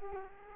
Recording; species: mosquito wingbeat signal from an infrared sensor; Culex quinquefasciatus